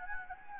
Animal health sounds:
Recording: mosquito wingbeat signal from an infrared sensor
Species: Anopheles gambiae

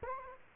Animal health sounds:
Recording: mosquito wingbeat signal from an infrared sensor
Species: Culex quinquefasciatus

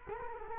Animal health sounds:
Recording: mosquito wingbeat signal from an infrared sensor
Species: Culex quinquefasciatus

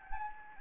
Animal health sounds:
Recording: mosquito wingbeat signal from an infrared sensor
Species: Anopheles gambiae

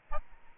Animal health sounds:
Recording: mosquito wingbeat signal from an infrared sensor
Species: Aedes albopictus

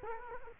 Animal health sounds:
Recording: mosquito wingbeat signal from an infrared sensor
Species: Culex quinquefasciatus

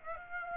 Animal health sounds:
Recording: mosquito wingbeat signal from an infrared sensor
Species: Aedes aegypti

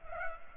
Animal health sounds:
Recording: mosquito wingbeat signal from an infrared sensor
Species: Culex pipiens

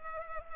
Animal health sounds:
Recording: mosquito wingbeat signal from an infrared sensor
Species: Culex pipiens

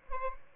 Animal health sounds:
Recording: mosquito wingbeat signal from an infrared sensor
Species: Aedes albopictus

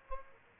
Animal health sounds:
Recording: mosquito wingbeat signal from an infrared sensor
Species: Aedes aegypti

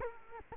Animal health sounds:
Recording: mosquito wingbeat signal from an infrared sensor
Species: Culex quinquefasciatus

